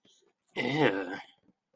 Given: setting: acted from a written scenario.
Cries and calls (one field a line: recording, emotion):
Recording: vocal sound without words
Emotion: disgust